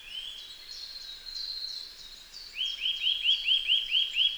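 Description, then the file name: Eurasian nuthatch delivering a rapid run of about eight loud, arched whistled notes, each rising then falling, after fainter similar calls. "Sitta europaea"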